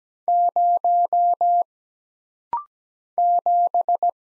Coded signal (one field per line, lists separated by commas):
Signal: Morse code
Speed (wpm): 17 wpm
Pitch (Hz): 700 Hz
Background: none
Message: 0 7